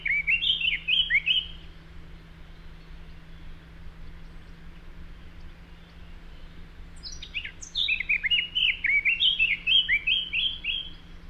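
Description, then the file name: Eurasian blackcap song: two bursts of quick warbling notes separated by several seconds of quiet, over a steady low hum. "Sylvia atricapilla"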